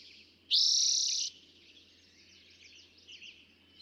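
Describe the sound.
Eastern towhee song, a single loud buzzy trill lasting under a second, with faint twittering in the background.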